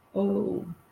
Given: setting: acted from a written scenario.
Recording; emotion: vocal sound without words; guilt